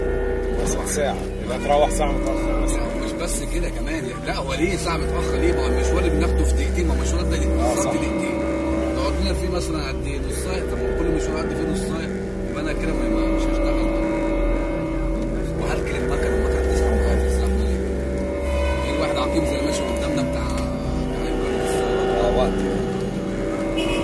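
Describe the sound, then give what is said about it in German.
Steady engine drone from inside a taxi creeping through stop-and-go traffic, the motor rising and settling as it idles and pulls forward, with murmured voices underneath. “Die Taxifahrt, oder besser das Stop and Go, geht weiter.”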